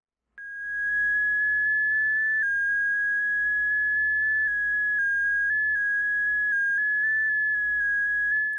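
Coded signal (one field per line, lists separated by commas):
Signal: multi-tone FSK (Olivia or MFSK type)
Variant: THOR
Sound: a single steady tone that hops slowly between nearby pitches, slightly warbling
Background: low hum, radio static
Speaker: this is what it sounds like when you're hearing that okay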